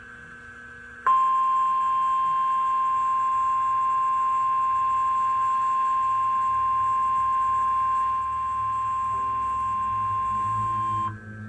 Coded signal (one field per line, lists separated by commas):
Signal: Emergency Alert System (SAME) tones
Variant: 1050 Hz attention tone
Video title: EAS #919: Severe Thunderstorm Warning (3/27/2014)